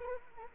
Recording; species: mosquito wingbeat signal from an infrared sensor; Anopheles arabiensis